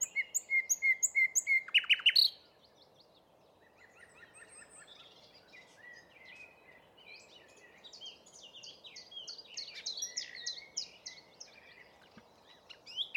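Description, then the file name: Common nightingale song opening with a run of rapid, sharply repeated notes, then a long stretch of quieter, varied chattering and twittering phrases. "Luscinia megarhynchos"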